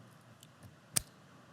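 A home run cable's polarized plastic connector is pushed into the positive lead of a CertainTeed Solstice solar shingle until it locks. A sharp click is heard at 0.97 s, with a fainter tick at 0.4 s. The connector is seated.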